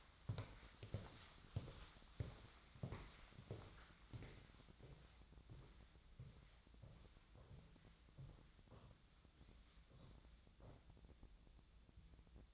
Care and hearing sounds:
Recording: daily activity, microphone in the room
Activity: walk to room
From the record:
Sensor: 3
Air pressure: 1010.1 hPa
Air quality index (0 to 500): 180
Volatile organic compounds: 12 ppm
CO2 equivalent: 2341 ppm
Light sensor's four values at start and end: 40/99/43/46 and 41/103/44/48

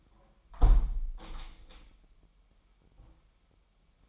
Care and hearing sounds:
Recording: daily activity, microphone in the room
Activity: close window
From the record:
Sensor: 1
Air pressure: 998.0 hPa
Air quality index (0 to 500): 126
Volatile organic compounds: 3 ppm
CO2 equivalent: 1495 ppm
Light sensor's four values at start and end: 17/56/23/23 and 17/57/23/23

